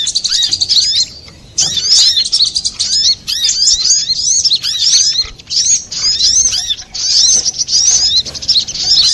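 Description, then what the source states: Little spiderhunter song in choppy phrases of high, sharp, rising and falling notes, separated by brief pauses. Masteran song for training cage birds, labelled Labaik.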